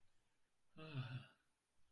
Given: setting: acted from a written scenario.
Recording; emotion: vocal sound without words; contentment